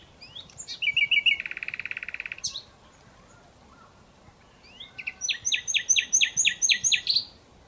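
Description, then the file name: Common Nightingale singing a quick run into a harsh buzzing trill, then after a pause a strong series of loud, evenly repeated chirping notes. "Luscinia megarhynchos"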